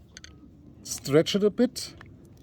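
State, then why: Not seated. A diver handles a metal bolt snap while stretching the line slightly to clip it into the half-filled hole of a plastic dive spool to lock the spool. Someone talks through the middle of the clip, with small sharp ticks near 0.2 s and 2.3 s. Nothing has seated or clicked into place yet.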